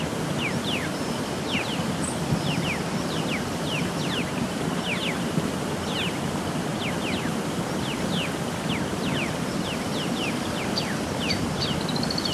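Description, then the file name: Black-chested mountain tanager calls: many short, sharp downslurred notes, repeated rapidly and overlapping throughout, over a steady rushing background like wind or water. "Buthraupis eximia - Black-chested Mountain Tanager"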